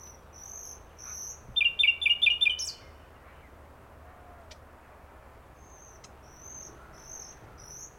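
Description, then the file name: Common nightingale song: a short, fast rattle of repeated sharp notes, with faint high thin notes scattered before and after. "Luscinia megarhynchos"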